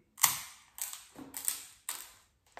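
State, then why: Seated. Two plastic adhesive picture-hanging strip halves are pressed onto each other, giving a series of sharp snapping clicks as their interlocking fasteners clip. The clearest clicks land at 0.2 s and 1.5 s, with smaller snaps between and after. The strips end up seated and clipped together.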